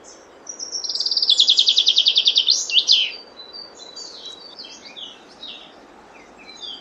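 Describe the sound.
Common chaffinch song: a bright rattle of repeated notes ending in a sharp flourish, followed by softer scattered chirps.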